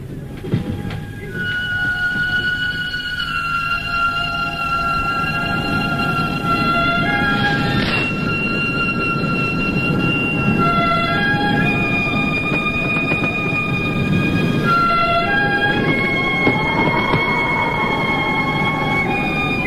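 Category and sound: vehicle, train running on rails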